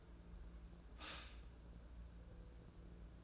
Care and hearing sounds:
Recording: daily activity, microphone in the room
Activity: stop toaster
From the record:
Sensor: 2

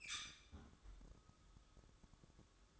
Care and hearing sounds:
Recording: daily activity, microphone in the room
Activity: close fridge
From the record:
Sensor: 3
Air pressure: 1007.7 hPa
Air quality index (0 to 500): 60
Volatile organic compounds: 1 ppm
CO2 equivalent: 609 ppm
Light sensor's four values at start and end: 14/32/14/14 and 14/32/14/14

